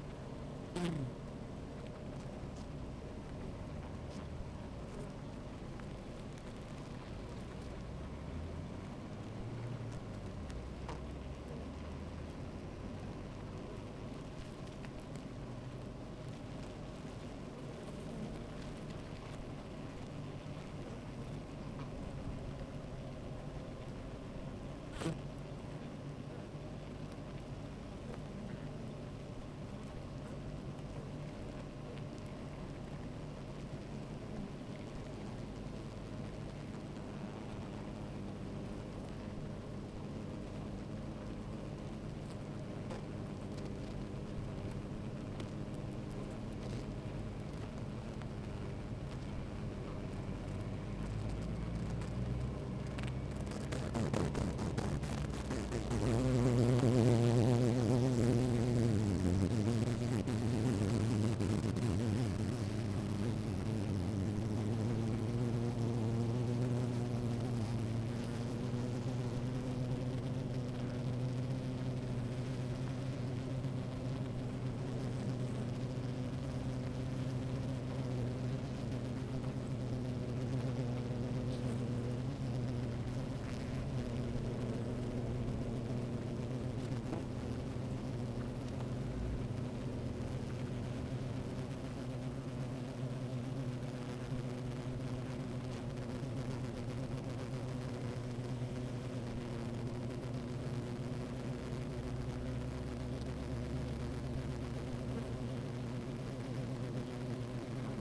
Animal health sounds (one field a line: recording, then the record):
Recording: honeybee colony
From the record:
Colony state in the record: active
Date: 28 July 2017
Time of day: 13:05